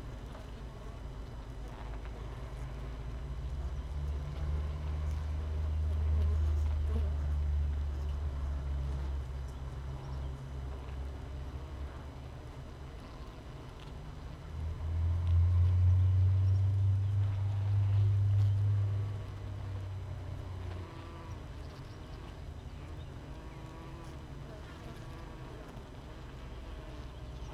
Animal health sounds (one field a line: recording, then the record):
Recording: honeybee colony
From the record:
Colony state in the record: missing queen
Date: 31 May 2018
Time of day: 6:31